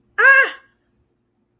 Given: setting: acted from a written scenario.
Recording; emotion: vocal sound without words; fear